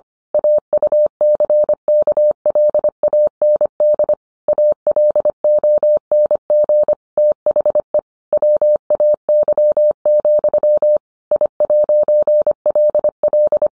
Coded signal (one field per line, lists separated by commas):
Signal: Morse code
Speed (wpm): 25 wpm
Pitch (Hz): 600 Hz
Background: none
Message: AUCKLAND ALONG THE WAY, I'LL